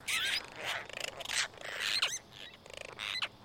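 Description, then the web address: Apostlebirds in a group giving harsh, scratchy calls that overlap, with upslurred squeaky notes and rasping bursts tumbling together without a steady rhythm. Group call of several apostlebirds; stereo. "Foundation Updates BIRD APOSTLE BIRD GROUP CALL"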